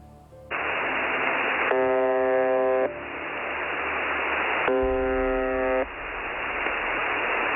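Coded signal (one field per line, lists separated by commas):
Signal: numbers station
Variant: UVB-76 (The Buzzer)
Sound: steady radio hiss broken by two harsh one-second buzzes about three seconds apart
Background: radio static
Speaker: Pour vous faire une petite opinion, voici ce qu'on entend en permanence dans cette mystérieuse station de radio.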